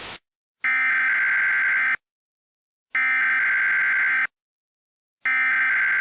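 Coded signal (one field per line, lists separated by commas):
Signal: Emergency Alert System (SAME) tones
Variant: header bursts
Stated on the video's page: Fictional mock EAS alert, not a real one.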